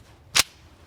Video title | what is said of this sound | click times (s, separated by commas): 7.62x51 NATO Naval M1 Garand | put your hand there push down until it locks into place let | 0.4 s